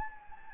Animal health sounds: mosquito wingbeat signal from an infrared sensor; Anopheles gambiae

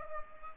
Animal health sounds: mosquito wingbeat signal from an infrared sensor; Culex pipiens

